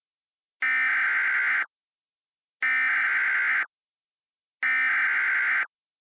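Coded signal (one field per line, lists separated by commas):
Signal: Emergency Alert System (SAME) tones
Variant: header bursts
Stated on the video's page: Mock tornado warning, not a real alert.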